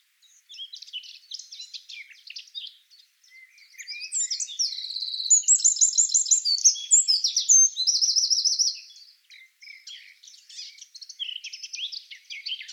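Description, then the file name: Eurasian wren song, a strong high trilling outburst in the middle, with quieter twittering phrases before and after. "Troglodytes troglodytes"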